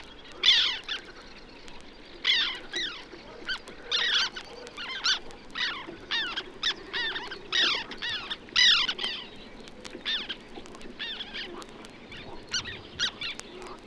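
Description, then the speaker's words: Black Tern calls, harsh scratchy notes given in quick overlapping bursts by several birds, irregular and repeated throughout. A group calling while hunting insects. "Zunächst die Trauerseeschwalbe, eine spärlich in Norddeutschland auf schwimmenden Nestern brütende Art von schwärzlicher bis schiefergrauer Färbung. Lauschen wir einer Gruppe bei der Insektenjagd."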